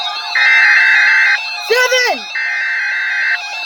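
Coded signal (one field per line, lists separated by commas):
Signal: Emergency Alert System (SAME) tones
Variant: header bursts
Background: speech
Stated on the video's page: Seven EAS headers from Environment Canada.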